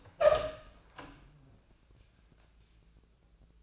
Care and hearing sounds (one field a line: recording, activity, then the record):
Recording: daily activity, microphone in the room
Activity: open door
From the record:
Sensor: 2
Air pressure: 1000.3 hPa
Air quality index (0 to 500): 158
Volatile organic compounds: 3 ppm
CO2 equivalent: 1319 ppm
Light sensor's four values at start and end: 10/24/10/11 and 10/25/10/11